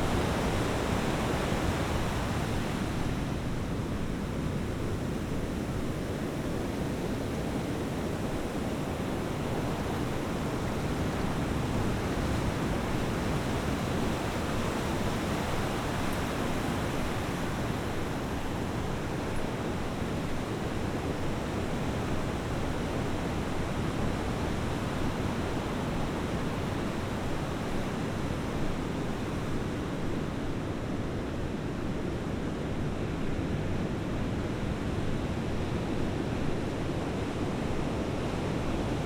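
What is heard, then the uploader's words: Ocean surf roars in a dense, steady wash of deep rumbling and hiss, with little change across the clip and no distinct breaking waves. The Refreshing Ocean Surf.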